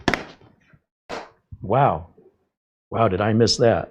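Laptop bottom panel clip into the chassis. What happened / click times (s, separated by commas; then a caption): The plastic panel clip snapped home / 0.1 s. A section of the bottom panel on a Nimo N173 laptop (AMD Ryzen 5 6600H, 17.3-inch display), left way off with a huge gap, is pressed down into the chassis. It snaps home with a loud thunk-like click at 0.1 s and a second sharp click at 0.1 s, and the panel clip is seated. Someone then talks in surprise.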